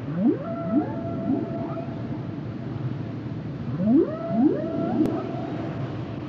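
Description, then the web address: Whale song: two bursts of clustered upward sweeps leading into held tonal notes, separated by a stretch of low hissing background. "Whale Songs Whales and Dolphins - whale nature sounds songs"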